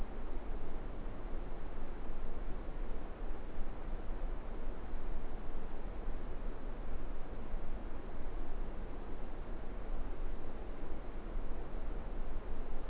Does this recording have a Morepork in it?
no